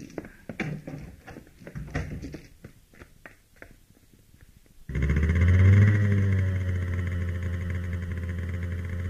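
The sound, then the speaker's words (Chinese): A few sharp clacks and taps give way to a motorcycle engine roaring to life at night, revving up to a loud, steady drone that eases off slightly as the bike rides away into the dark. “当刘晶骑着摩托车在黑夜中消失时”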